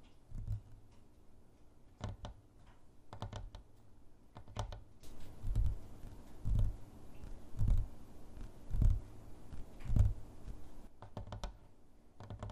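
Fingernails and finger pads tap on objects in irregular clusters of quick, sharp clicks, some soft and some harder. Several heavier, low thumping taps land around the middle and later, near five to ten seconds. A faint steady hiss sits underneath.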